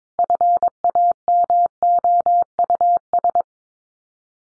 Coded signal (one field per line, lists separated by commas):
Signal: Morse code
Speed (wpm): 22 wpm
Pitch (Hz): 700 Hz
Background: none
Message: FAMOUS